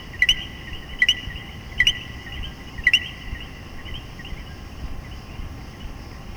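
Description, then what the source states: Common coquí calling a sharp two-note co-qui, the second note higher, four times in about three seconds, then fainter sounds over a steady hiss. Puerto Rico.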